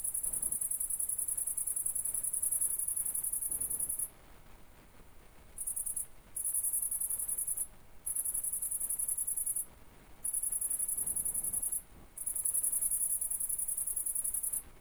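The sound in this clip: Cricket trilling, a high, steady ringing buzz in long bursts of several seconds separated by brief pauses, over faint low background hiss.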